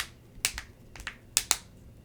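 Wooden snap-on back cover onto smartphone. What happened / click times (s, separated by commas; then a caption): The snap-on back cover clicked into place / 0.5 s, 1.4 s. A matte-finish rosewood StyleSwap back cover is pressed onto a OnePlus 2 smartphone and snaps into place with a series of sharp clicks. The main snaps land at about 0.5 s and 1.4 s, with another click right after at about 1.5 s. The cover seats fully, and fitting it is easy.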